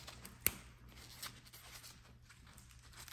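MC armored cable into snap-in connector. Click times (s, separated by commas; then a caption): 0.5 s. A second armored MC cable is pushed into a snap-in double barrel connector, and a sharp click is heard at 0.5 s as it seats, followed by faint handling noise. The cable is seated in the connector.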